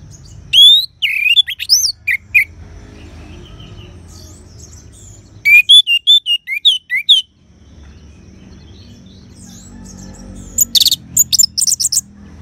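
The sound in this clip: Orange-headed thrush song in three separate bursts of quick whistled and chattering notes, long quiet gaps between them, soft low-pitched background noise.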